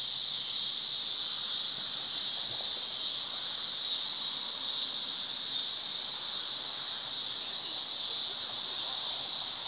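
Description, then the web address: Cicadas producing a continuous shrill whining buzz, even and unchanging from start to finish, with no other clear sounds. "cicadas. rickyb"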